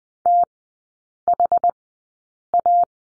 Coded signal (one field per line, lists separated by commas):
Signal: Morse code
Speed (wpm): 20 wpm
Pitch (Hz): 700 Hz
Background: none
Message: THA